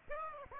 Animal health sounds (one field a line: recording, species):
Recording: mosquito wingbeat signal from an infrared sensor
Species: Aedes aegypti